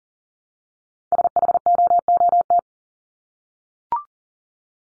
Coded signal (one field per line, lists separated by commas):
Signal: Morse code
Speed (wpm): 40 wpm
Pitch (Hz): 700 Hz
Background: none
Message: SHOOT